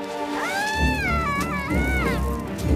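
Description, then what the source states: Seal pup cry: a drawn-out, wailing call that rises and falls twice, over a low rumbling background. A seal pup on an ice floe in Alaska, fed by its mother for 12 days before having to fend for itself.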